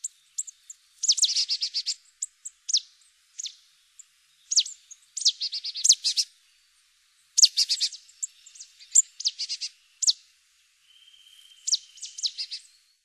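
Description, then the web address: Marsh tit calls, bursts of high, buzzy and scratchy chattering notes given irregularly, with short silences between groups. "Mesange nonnette"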